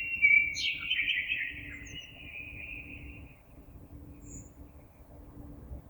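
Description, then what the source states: Common blackbird song: a rich fluting phrase with a squeaky high note early, fading into quiet after about three seconds, with a soft background hum. Recorded 26 April 2022.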